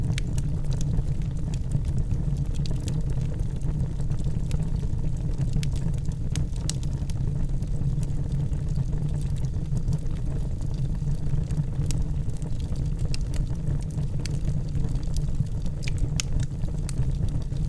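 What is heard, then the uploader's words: A wood burning stove gives off a steady, deep roar that stays even in level for the whole stretch. Short, sharp crackles and ticks pop up irregularly over it, a few every second, some brighter than others. Comfort of the Wood Burning Stove.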